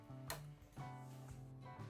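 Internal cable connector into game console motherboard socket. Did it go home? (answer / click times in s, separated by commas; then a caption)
yes / 0.3 s. A ribbon cable's connector is pushed into its socket on the motherboard of a PS4 Slim during reassembly. A sharp click at 0.3 s stands out over steady background music, and the connector is seated in place.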